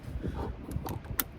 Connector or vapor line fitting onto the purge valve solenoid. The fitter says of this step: that clicks so